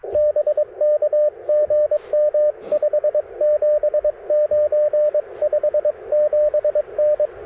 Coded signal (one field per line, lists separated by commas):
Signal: Morse code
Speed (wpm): 22 wpm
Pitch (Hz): 590 Hz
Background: radio noise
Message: BK GM 579 57N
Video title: Morning Morse Code at Tuskegee National Forest K-4451 - 12/23/23